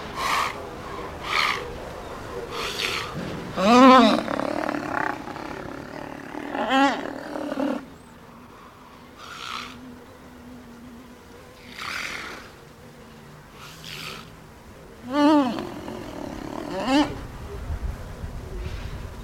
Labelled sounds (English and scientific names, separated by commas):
Black Rhinoceros (Diceros bicornis)